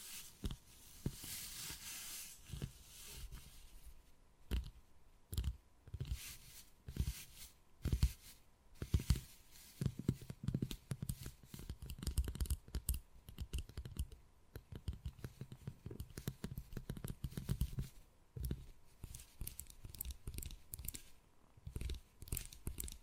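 Wood carving, with quick irregular taps and short scraping strokes that come in dense bursts throughout. A stretch of bright, rasping scratching fills roughly the first three seconds, then the sound turns to clustered knocks and scrapes with brief pauses between them.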